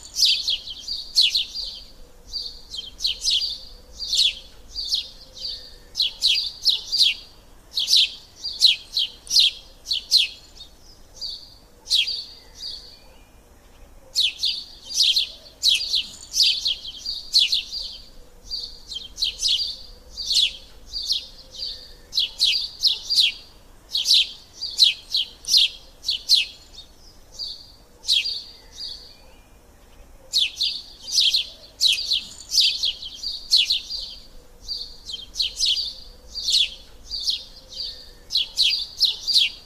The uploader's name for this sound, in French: son parc oiseaux